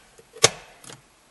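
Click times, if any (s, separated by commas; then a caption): 0.4 s. The plastic cabin air filter cover, marked "up", on a 2008 Toyota Highlander is pushed back into its slot in the filter housing behind the glove box. A sharp, loud snap at 0.4 s shows it has seated, followed by a few faint, softer knocks around 0.9 s.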